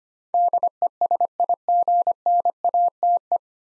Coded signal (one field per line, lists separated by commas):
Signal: Morse code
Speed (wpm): 25 wpm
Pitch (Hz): 700 Hz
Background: none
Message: DESIGNATE